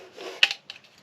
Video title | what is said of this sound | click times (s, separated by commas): Extendable Snow Brush from JoyTutus. | just snaps right in there. | 0.4 s